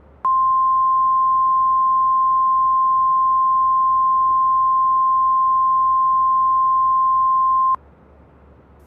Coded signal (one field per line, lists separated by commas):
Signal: Emergency Alert System (SAME) tones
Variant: 1050 Hz attention tone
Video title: EAS Scenario #25 The Demonic Invasion - Computer Demons